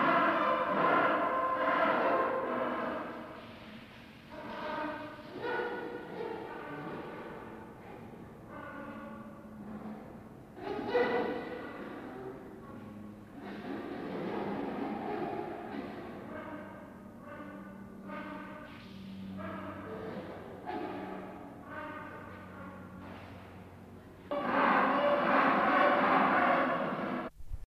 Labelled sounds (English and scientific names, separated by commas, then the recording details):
Gentoo Penguin (Pygoscelis papua) call
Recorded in captivity
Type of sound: call
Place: Tierpark Hellabrunn, Bayern, DE
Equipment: Halbspur, 9,5 cm/s
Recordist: Lütgens, Hans
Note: Rufe